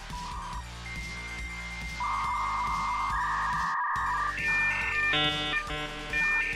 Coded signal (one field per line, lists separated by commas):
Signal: dial-up modem handshake